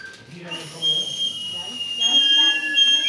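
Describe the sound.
Children blow several whistles at once, giving thin, shrill, steady tones that start, stop and overlap in an uneven chorus while voices chatter underneath.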